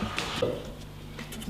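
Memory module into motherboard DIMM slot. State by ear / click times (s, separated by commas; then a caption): seated / 0.2 s. A DDR4 memory stick is pressed into a motherboard DIMM slot until the retaining clip clicks. A sharp click is heard at 0.2 s over a low steady hum, and the module is confirmed seated in place.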